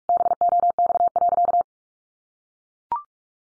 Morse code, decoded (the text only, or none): BOX.